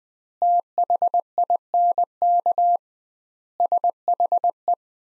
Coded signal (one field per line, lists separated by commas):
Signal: Morse code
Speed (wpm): 21 wpm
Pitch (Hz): 700 Hz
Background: none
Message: THINK SHE